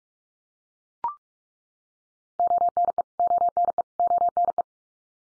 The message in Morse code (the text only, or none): ONE ONE ONE